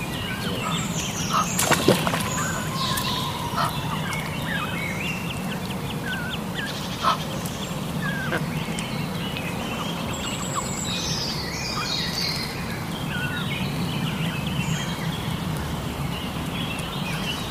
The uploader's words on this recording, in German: Ein Soundwalk am Ludwigsteich bei Roßdorf. Genauer gesagt handelt es sich um den Ludwigsteich bei Roßdorf, der an einem warmen Tag die Leichtigkeit des Sommers verkörpert.